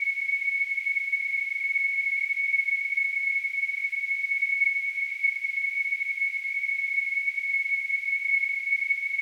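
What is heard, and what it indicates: A steady, high-pitched whistling tone near 2 kHz holds unchanged for about nine seconds over a faint hiss, with no speech or other sounds. It is a simulated sample of tinnitus, the ringing in the ears that sufferers hear.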